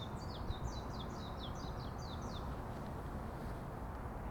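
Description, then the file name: Bird song, thin high downslurred notes repeated quickly for about two and a half seconds over constant low background noise. Birds singing in the forest. "freesound singing birds in the forest"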